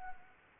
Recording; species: mosquito wingbeat signal from an infrared sensor; Anopheles arabiensis